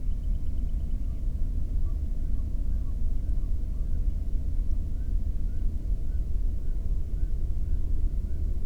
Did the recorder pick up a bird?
yes